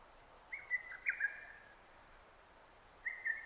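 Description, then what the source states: Lesser cuckoo song: an emphatic whistled phrase of several jerky notes, a pause, then the next phrase starting, over quiet hiss. Recorded 6 June 2009.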